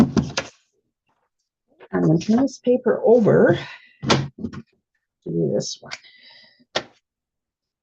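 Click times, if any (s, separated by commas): 6.8 s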